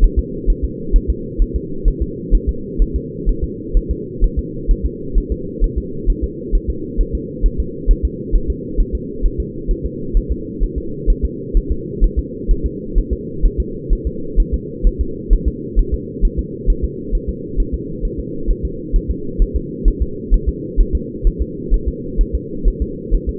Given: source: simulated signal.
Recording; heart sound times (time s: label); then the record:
fetal heart sounds
0.04 s: S1
0.19 s: S2
0.50 s: S1
0.65 s: S2
0.96 s: S1
1.10 s: S2
1.42 s: S1
1.56 s: S2
1.88 s: S1
2.02 s: S2
2.35 s: S1
2.49 s: S2
2.82 s: S1
2.96 s: S2
3.29 s: S1
3.44 s: S2
3.77 s: S1
3.91 s: S2
4.24 s: S1
4.39 s: S2
4.71 s: S1
4.86 s: S2
5.18 s: S1
5.32 s: S2
5.64 s: S1
5.78 s: S2
6.10 s: S1
6.24 s: S2
6.55 s: S1
6.70 s: S2
7.01 s: S1
7.15 s: S2
7.46 s: S1
7.60 s: S2
7.91 s: S1
8.05 s: S2
8.36 s: S1
8.50 s: S2
8.80 s: S1
8.95 s: S2
9.25 s: S1
9.40 s: S2
9.71 s: S1
9.86 s: S2
10.17 s: S1
10.31 s: S2
10.64 s: S1
10.78 s: S2
11.10 s: S1
11.25 s: S2
11.57 s: S1
11.72 s: S2
12.04 s: S1
12.19 s: S2
12.51 s: S1
12.66 s: S2
12.98 s: S1
13.13 s: S2
13.46 s: S1
13.60 s: S2
13.93 s: S1
14.07 s: S2
14.40 s: S1
14.54 s: S2
14.87 s: S1
15.01 s: S2
15.33 s: S1
15.48 s: S2
15.79 s: S1
15.94 s: S2
16.25 s: S1
16.39 s: S2
16.70 s: S1
16.84 s: S2
17.15 s: S1
17.29 s: S2
17.60 s: S1
17.74 s: S2
18.05 s: S1
18.19 s: S2
18.50 s: S1
18.65 s: S2
18.96 s: S1
19.11 s: S2
19.42 s: S1
19.56 s: S2
19.88 s: S1
20.02 s: S2
20.34 s: S1
20.49 s: S2
20.80 s: S1
20.95 s: S2
21.27 s: S1
21.41 s: S2
21.74 s: S1
21.88 s: S2
22.21 s: S1
22.35 s: S2
22.68 s: S1
22.82 s: S2
23.14 s: S1
23.29 s: S2
From the record:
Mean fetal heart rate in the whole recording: 130 bpm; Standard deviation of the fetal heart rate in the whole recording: 2 bpm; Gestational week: 38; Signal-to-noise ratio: -4.3 dB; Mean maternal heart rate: 72 bpm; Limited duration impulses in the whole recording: absent